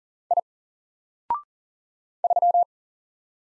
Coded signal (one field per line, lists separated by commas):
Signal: Morse code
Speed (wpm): 40 wpm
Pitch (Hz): 700 Hz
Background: none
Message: I 3